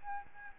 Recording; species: mosquito wingbeat signal from an infrared sensor; Aedes albopictus